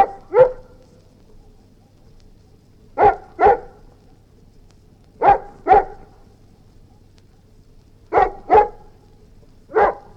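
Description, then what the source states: Golden Retriever barks in pairs, two quick harsh woofs close together, repeated every two to three seconds, over a low background hum. Golden Retriever growling.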